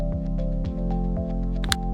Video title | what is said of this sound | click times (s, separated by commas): Q-MINI-J5 Installation - QTL | and there's the click | 1.6 s, 1.7 s